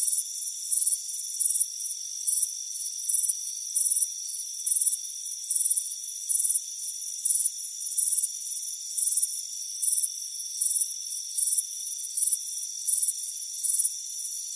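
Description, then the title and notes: High cricket chirps repeat in an even run of short trilled bursts, set over a persistent layer of high, steady insect tones. "Soothing Crickets Chirping Sound. It's a warm afternoon as you relax in a hammock on the front porch. Relax and fall asleep to the soothing sound of chirping crickets. Deep Sleep Sounds"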